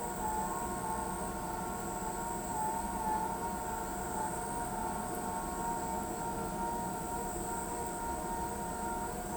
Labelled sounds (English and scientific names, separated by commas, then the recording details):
none
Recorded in pastures near Pivijay, Magdalena, Colombia, on 13 April 2023 at 21:30
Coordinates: 10.456, -74.369
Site P6-G026